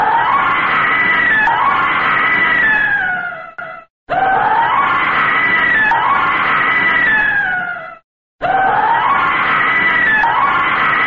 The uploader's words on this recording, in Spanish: El sonido de un grito de una mujer gritando de terror. Sonido de grito de mujer (terror).